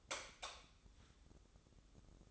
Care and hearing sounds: daily activity, microphone in the room; light off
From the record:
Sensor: 3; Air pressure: 995.3 hPa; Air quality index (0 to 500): 83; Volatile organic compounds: 7 ppm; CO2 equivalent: 1990 ppm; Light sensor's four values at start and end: 12/31/12/12 and 9/22/9/9

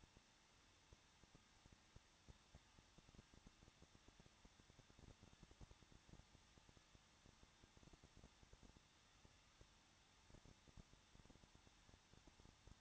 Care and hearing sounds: daily activity, microphone in the room; no activity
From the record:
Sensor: 3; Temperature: 21.2 degrees Celsius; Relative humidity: 36.3%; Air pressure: 1006.2 hPa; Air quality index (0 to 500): 222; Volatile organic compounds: 42 ppm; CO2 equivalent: 3175 ppm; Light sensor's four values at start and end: 2/3/2/2 and 2/3/2/2

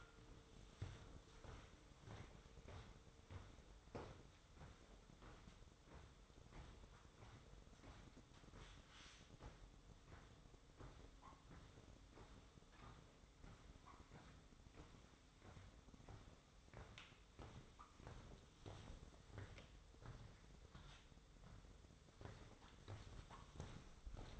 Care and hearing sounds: daily activity, microphone in the room; walk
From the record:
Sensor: 3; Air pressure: 1005.6 hPa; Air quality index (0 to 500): 92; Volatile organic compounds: 3 ppm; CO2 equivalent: 1422 ppm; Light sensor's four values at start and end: 8/18/8/8 and 8/19/8/8

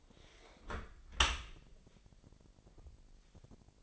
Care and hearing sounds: daily activity, microphone in the room; close dishwasher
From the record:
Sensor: 5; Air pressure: 1000.6 hPa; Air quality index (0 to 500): 248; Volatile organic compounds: 34 ppm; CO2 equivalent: 3049 ppm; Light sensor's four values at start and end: 32/73/29/27 and 31/72/29/27

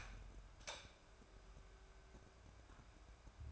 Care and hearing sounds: daily activity, microphone in the room; light off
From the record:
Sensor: 2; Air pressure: 1010.1 hPa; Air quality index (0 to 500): 160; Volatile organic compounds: 7 ppm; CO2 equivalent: 2002 ppm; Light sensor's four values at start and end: 44/108/48/54 and 41/98/44/49

